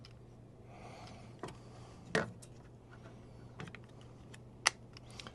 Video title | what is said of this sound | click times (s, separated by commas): Bambu Lab X1 Carbon Series Combo - Can it be set up and print in 15 mins? | and it will kind of Click into place like that | 4.7 s